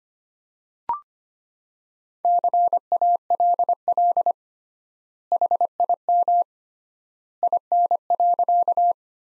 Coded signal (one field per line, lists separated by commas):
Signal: Morse code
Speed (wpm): 25 wpm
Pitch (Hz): 700 Hz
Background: none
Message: CALL HIM IN.